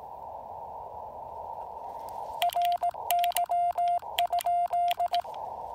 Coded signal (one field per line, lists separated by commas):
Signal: Morse code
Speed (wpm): 18 wpm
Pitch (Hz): 700 Hz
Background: none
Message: RY?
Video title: POTA Field Report: Pairing the FT-817ND with the EFT Trail-Friendly antenna at Lake Norman